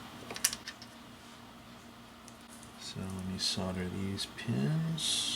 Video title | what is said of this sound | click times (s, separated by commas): Soldering the Seriss 1A2 Multiline Phone Card (REV-J1) | push it down until it snaps in so | 0.4 s